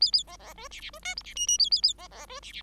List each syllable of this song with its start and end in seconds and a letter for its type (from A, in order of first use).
0.01-0.12 A, 0.12-0.23 A, 0.27-0.37 B, 0.39-0.53 B, 0.56-0.68 C, 0.71-0.81 D, 0.81-0.91 D, 0.93-0.99 C, 1.02-1.15 E, 1.16-1.23 F, 1.24-1.34 D, 1.35-1.47 G, 1.47-1.58 G, 1.58-1.70 A, 1.71-1.81 A, 1.82-1.94 A, 1.98-2.08 B, 2.10-2.26 B, 2.28-2.40 C, 2.42-2.52 D, 2.52-2.62 D